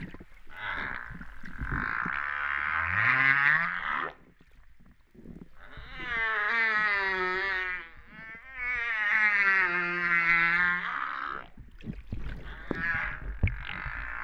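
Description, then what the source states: Humpback whale song units: a long harmonic moan with a low rising sweep, then a pause and two more drawn-out wavering tones. Recorded off Réunion on 13 September 2011 at 08:35:04.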